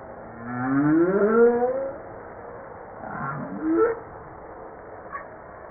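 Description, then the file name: Humpback whale song: a rising, wavering groan followed by shorter upswept grunting units and a faint high chirp. Recorded 5 March 1994. "Baleine a bosse 940305"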